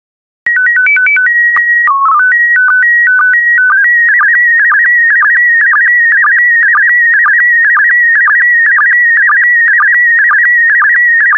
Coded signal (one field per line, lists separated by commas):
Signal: SSTV (slow-scan television)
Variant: PD 120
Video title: 93075 Brazil SSTV PD120